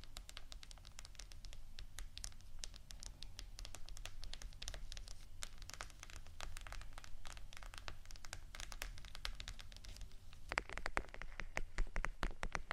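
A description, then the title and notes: Tapping and scratching on vinyl: a dense run of sharp clicks and taps over a steady low rumble. The strokes come rapidly and unevenly throughout, and near the eleventh second the sound shifts, turning louder and brighter with a busier crinkling texture to the end. ASMR Tapping & Scratching 5 Types Of Vinyl（No Talking）.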